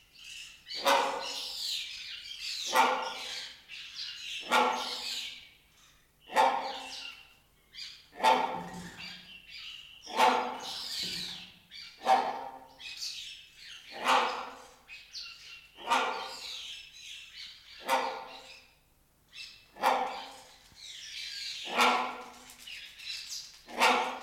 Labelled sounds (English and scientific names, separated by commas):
Great Hornbill (Buceros bicornis)